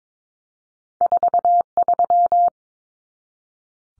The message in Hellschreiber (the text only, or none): none